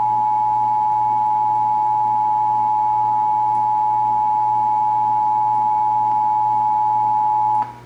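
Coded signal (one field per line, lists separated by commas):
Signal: Emergency Alert System (SAME) tones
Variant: 853 and 960 Hz attention tone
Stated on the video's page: Texas required monthly test, heard on several radio and TV stations.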